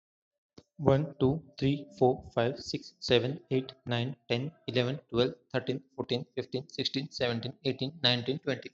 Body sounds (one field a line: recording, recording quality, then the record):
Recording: counting at a fast pace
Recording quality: excellent, no background noise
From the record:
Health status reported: healthy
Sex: male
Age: 29 years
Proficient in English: yes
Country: India